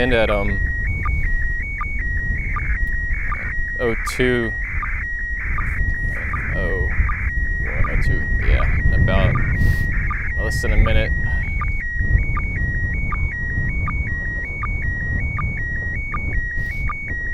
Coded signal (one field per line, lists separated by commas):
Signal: SSTV (slow-scan television)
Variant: PD 180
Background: speech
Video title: Spacesuit MAI-75 Image! - Last Pass of April 2016 ISS SSTV Event - Video #4